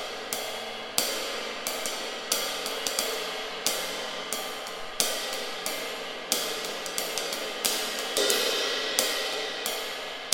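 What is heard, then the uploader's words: Cymbals crash and shimmer, with sharp bright hits arriving about once a second, sometimes in quick pairs, each ringing out into a sustained hiss before the next strike. The wash stays dense and bright throughout, loud, with no other sounds beneath. Cymbals | Doug Yowell | OH Bluebird by Blue Microphones.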